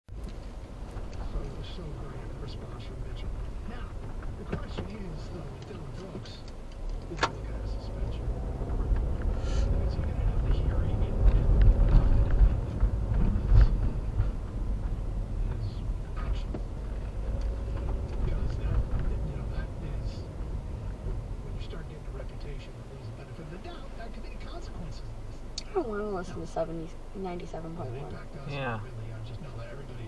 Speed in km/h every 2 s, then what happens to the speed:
6, 6, 0, 8, 18, 29, 26, 16, 16, 18, 11, 0, 0, 0, 0.
3-5 standing. 5-10 pulls away to 29. 10-14 slows to 16. 18-21 brakes to 0. 21-30 standing.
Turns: 15-20.